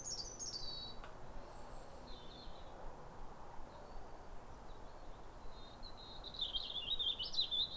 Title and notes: Sound Escape 150: Be uplifted by a chorus of New Year's robins. A pair of robins in neighbouring gardens welcome the early sun with wistful phrases. BBC Countryfile Magazine. Recorded by Fergus Collins